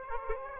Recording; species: mosquito wingbeat signal from an infrared sensor; Aedes aegypti